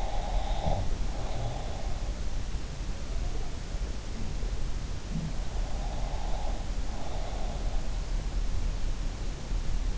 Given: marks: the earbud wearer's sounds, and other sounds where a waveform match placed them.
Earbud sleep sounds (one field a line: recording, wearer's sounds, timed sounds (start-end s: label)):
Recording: sounds in sleep by an in-ear microphone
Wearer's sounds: breath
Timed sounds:
0.00-1.87 s: breath